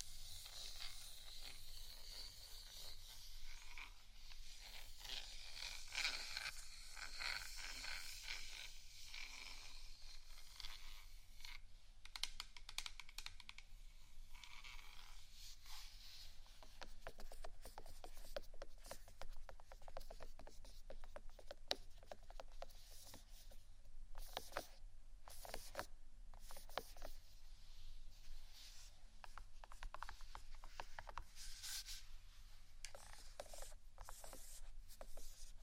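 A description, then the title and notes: Gentle scratching and rubbing, with a soft hissy rasp that is busiest in the first ten seconds. After that it turns into a run of short, light taps and scrapes that come irregularly but often until the end. A low, steady hum sits underneath throughout. ASMR Gentle Scratching & Tapping For Sleep (No Talking).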